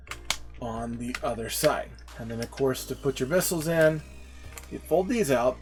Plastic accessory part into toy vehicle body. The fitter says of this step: that would click into there and this one would click in